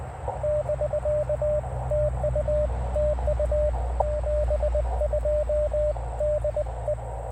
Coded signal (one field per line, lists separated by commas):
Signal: Morse code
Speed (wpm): 21 wpm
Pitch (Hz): 590 Hz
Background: radio noise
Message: <BK> TU TU 72 DE